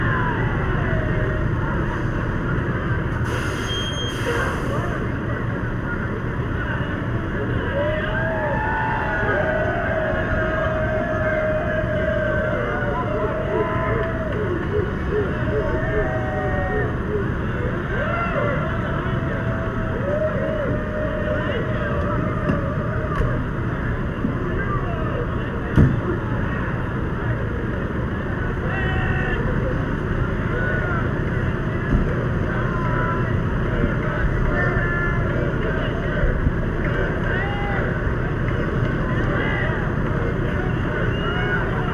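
Dense, steady crowd noise at a Pride gathering, many voices talking at once under a low rumble of traffic or engines. The level stays even throughout, with a brief bright hiss around four seconds and a sharp knock near the twenty-six second mark.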